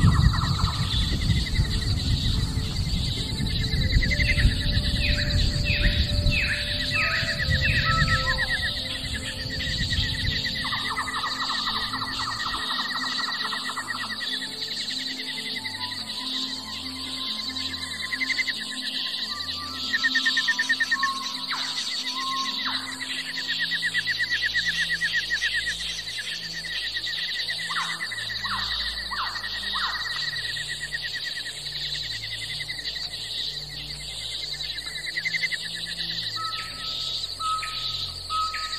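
Tropical rainforest with a steady high insect buzz, frequent bird calls and chirps, and a low rumble that fades after about twelve seconds.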